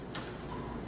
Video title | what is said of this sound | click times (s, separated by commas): Turbochef High h Conveyor Cleaning Video | and lock into place | 0.2 s